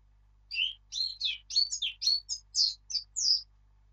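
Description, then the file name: Eurasian blackcap song: a varied phrase of about a dozen quick warbled and whistled notes, moving up and down in pitch, clear over a quiet background. "Sylvia atricapilla"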